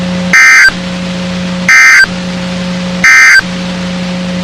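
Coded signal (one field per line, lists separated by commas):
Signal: Emergency Alert System (SAME) tones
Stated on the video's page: NOAA Weather Radio station WXK35, Waco, Texas, broadcasting severe thunderstorm warnings.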